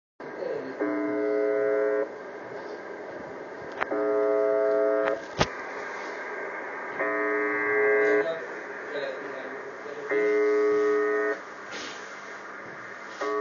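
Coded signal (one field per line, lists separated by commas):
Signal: numbers station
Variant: UVB-76 (The Buzzer)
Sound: harsh low buzz about one second long, repeating five times, between stretches of static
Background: radio static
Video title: UVB-76 @ HA5KDR/P (Budapest XII. Őzike u.)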